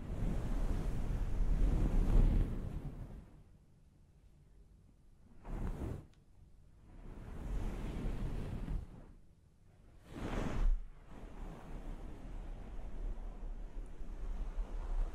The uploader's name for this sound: Personal Attention Scalp Massage, Hair Wash